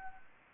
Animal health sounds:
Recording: mosquito wingbeat signal from an infrared sensor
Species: Anopheles arabiensis

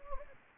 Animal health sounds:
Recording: mosquito wingbeat signal from an infrared sensor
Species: Anopheles gambiae

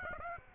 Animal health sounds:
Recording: mosquito wingbeat signal from an infrared sensor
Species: Aedes aegypti

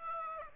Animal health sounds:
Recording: mosquito wingbeat signal from an infrared sensor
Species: Aedes aegypti

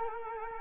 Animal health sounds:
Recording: mosquito wingbeat signal from an infrared sensor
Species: Culex quinquefasciatus

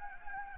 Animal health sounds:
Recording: mosquito wingbeat signal from an infrared sensor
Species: Anopheles gambiae

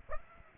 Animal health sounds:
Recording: mosquito wingbeat signal from an infrared sensor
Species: Aedes aegypti

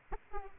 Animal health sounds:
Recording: mosquito wingbeat signal from an infrared sensor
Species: Aedes aegypti

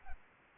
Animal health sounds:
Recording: mosquito wingbeat signal from an infrared sensor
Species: Aedes albopictus

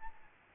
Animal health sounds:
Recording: mosquito wingbeat signal from an infrared sensor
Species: Aedes albopictus

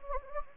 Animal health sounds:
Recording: mosquito wingbeat signal from an infrared sensor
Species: Anopheles gambiae

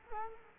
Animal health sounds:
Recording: mosquito wingbeat signal from an infrared sensor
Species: Culex quinquefasciatus

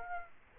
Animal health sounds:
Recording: mosquito wingbeat signal from an infrared sensor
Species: Aedes aegypti

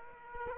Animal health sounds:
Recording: mosquito wingbeat signal from an infrared sensor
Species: Aedes aegypti

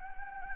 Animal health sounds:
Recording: mosquito wingbeat signal from an infrared sensor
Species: Anopheles gambiae

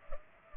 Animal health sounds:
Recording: mosquito wingbeat signal from an infrared sensor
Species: Culex pipiens

